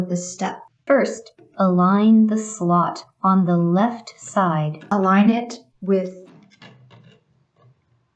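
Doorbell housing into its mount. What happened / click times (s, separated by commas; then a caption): The housing was only lined up; no seating click / none. Someone talks while the slot on the left side of a plastic doorbell housing is aligned with its mount, before the right side is pressed home. Only faint rubbing sounds are heard under the talking, and the housing has not clicked into place yet.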